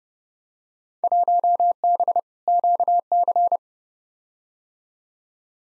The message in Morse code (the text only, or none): 1B QC